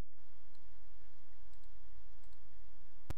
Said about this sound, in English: Can you hear me? Am I hearing the mouse clicks of you